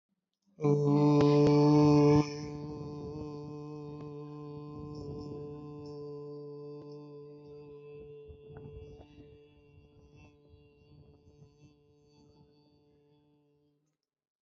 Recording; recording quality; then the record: sustained vowel as in boot; moderate, slight background noise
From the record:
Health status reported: healthy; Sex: male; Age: 29 years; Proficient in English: yes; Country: India